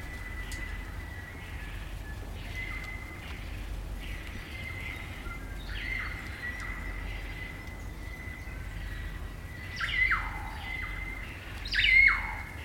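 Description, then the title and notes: Kaka song: a long level whistle repeated throughout, with fainter squawks and two louder descending squawks near the end. Kakas, a large parrot species, singing an eerie dusk chorus in late spring at Karori Sanctuary near Wellington, New Zealand. "It's late spring at the Karori Sanctuary near Wellington, New Zealand and the kakas – a large species of parrot – are singing their eerie dusk chorus. BBC Countryfile Magazine's Sound Escapes Recorded by Margaret Bartlett."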